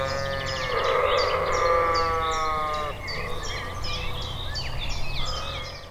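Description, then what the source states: Sheep chorus, a long quavering bleat followed by more overlapping bleats, with a constant low droning hum underneath. Several sheep bleating together in a chorus.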